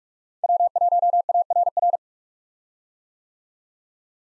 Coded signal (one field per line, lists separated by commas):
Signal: Morse code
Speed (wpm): 43 wpm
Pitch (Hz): 700 Hz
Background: none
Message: W1ARR